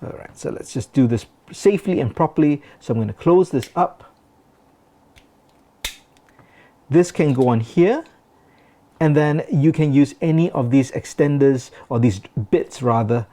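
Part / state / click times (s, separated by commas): multi-tool handles/implement folding shut into the tool body / seated / 5.9 s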